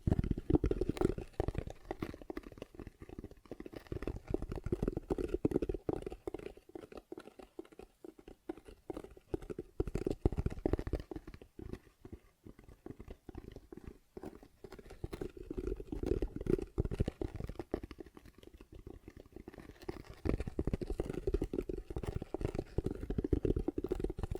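Quick, dense tapping and scratching run through the whole 24 seconds, a steady patter of small clicks over a low, muffled rumble. The activity thins and softens around the middle, from about 8 to 14 seconds, then returns busier toward the end.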